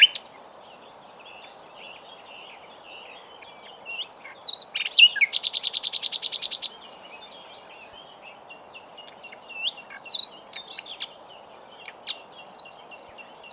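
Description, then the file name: Common nightingale delivering varied chirps, then a fast, even buzzing trill lasting over a second, followed by assorted high slurred notes in short bursts. "Luscinia megarhynchos"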